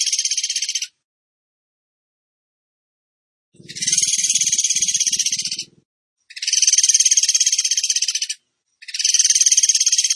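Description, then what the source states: Bird song of rapid, harsh trills in roughly two-second bursts with short gaps; faint low thumping noise under one burst. Masteran song in the tembakan gacor style.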